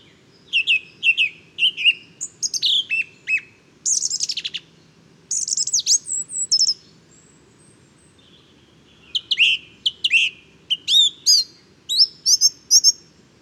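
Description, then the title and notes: Song thrush delivering varied whistled and squeaky phrases in groups, several notes repeated, with a silent gap before a final rapid sequence. Inventive, varied, virtuoso male singing just after daybreak, 12 February 2019, Bois de Château Serein; Nagra Seven recorder with Telinga Pro7. "Bois de chateau serein. j&#39;enregistre une magnifique Grive musicienne"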